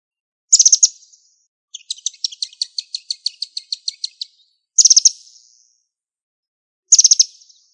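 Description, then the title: Bird calls: a high, buzzy chirp burst, then a quick series of many ticking notes, followed by two more buzzy bursts separated by silence. "LuckyPassaro Completos2Sama"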